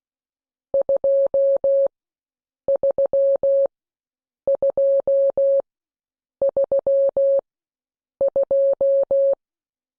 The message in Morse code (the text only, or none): 23232